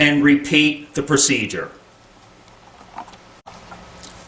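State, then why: Seated. Someone talks, then the plastic back cover panel of a Dell laptop is pressed back onto the laptop's bottom case after the CMOS coin battery has been replaced. Its clips snap in with two short clicks at 3.0 s and 3.5 s, and the panel is seated.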